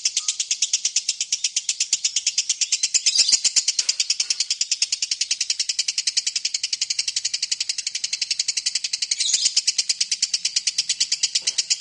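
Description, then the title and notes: Lovebird song, a long rapid trill of shrill, chattering notes, with two brief louder bursts. Lovebird in ngekek song style, a long continuous chattering song used as a lure song (kicau pancingan). "suara Lovebird ngekek, kicau pancingan"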